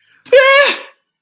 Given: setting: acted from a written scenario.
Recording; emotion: vocal sound without words; triumph